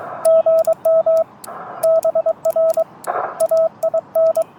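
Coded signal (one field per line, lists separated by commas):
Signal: Morse code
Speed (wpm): 22 wpm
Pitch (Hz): 650 Hz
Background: radio noise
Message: GM BR AIN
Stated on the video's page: CW from a Parks On The Air activation at a state nature preserve, alongside SSB.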